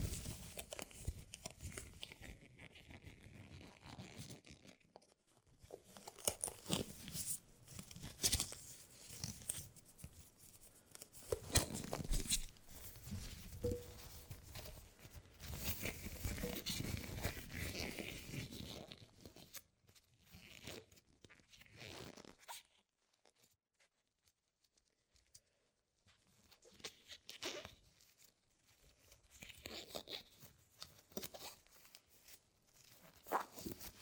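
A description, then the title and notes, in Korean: A tip brush sweeps across a microphone, making soft, scratchy swishing strokes. The brushing runs in dense bursts during the first twenty seconds, louder around twelve to eighteen seconds, then thins into shorter, scattered strokes separated by near silence toward the end. 마이크를 팁브러시로 슥슥 ASMR (feat. 라텍스장갑, no talking).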